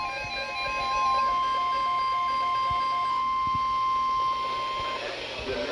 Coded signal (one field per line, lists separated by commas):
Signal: Emergency Alert System (SAME) tones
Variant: 1050 Hz attention tone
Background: speech, music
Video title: (EAS) Severe Thunderstorm Watch #81 On KIH54 And WNG-635